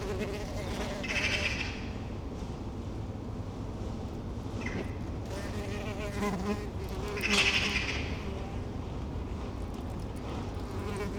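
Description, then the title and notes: Bee buzzing as a continuous wavering drone, swelling briefly twice, over a steady low rumble. Spring soundscape in Saint-Gilles, Belgium; bees close to the microphones; recorded with Earsight V2 AB microphones into a Zoom F3. "Saint-Gilles, Belgique - Bees, magpie and helicopter. Spring soundcsape : bees close to the mics, magpie in the poplar tree and helicopter in the background. Paysage printanier, des abeilles proches des micros"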